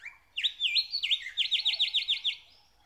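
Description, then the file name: Nightingale song: a short introductory whistle, then a rapid series of about a dozen loud, repeated sweeping notes. "Nature Sounds - Song of the nightingale"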